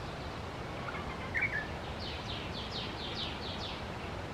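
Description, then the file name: Japanese bush warbler: a few faint notes, then a rapid series of several descending chirps, over steady outdoor noise. Recorded on 24 March 2024. "20240324 ウグイス"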